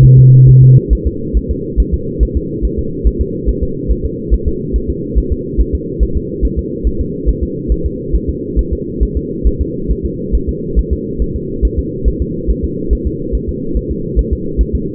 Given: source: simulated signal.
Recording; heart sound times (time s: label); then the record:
fetal heart sounds
0.05 s: S1
0.19 s: S2
0.49 s: S1
0.63 s: S2
0.93 s: S1
1.07 s: S2
1.37 s: S1
1.51 s: S2
1.80 s: S1
1.94 s: S2
2.23 s: S1
2.37 s: S2
2.65 s: S1
2.79 s: S2
3.07 s: S1
3.21 s: S2
3.49 s: S1
3.63 s: S2
3.91 s: S1
4.05 s: S2
4.34 s: S1
4.48 s: S2
4.76 s: S1
4.90 s: S2
5.18 s: S1
5.32 s: S2
5.61 s: S1
5.75 s: S2
6.03 s: S1
6.17 s: S2
6.45 s: S1
6.59 s: S2
6.87 s: S1
7.01 s: S2
7.29 s: S1
7.43 s: S2
7.72 s: S1
7.86 s: S2
8.16 s: S1
8.30 s: S2
8.59 s: S1
8.73 s: S2
9.03 s: S1
9.17 s: S2
9.47 s: S1
9.61 s: S2
9.91 s: S1
10.05 s: S2
10.35 s: S1
10.49 s: S2
10.79 s: S1
10.93 s: S2
11.22 s: S1
11.36 s: S2
11.65 s: S1
11.79 s: S2
12.08 s: S1
12.22 s: S2
12.50 s: S1
12.65 s: S2
12.93 s: S1
13.07 s: S2
13.35 s: S1
13.49 s: S2
13.77 s: S1
13.91 s: S2
14.19 s: S1
14.33 s: S2
14.61 s: S1
14.75 s: S2
From the record:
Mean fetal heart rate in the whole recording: 140 bpm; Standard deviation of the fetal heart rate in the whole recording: 2 bpm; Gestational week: 34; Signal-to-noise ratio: -6.6 dB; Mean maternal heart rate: 72 bpm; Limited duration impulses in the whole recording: present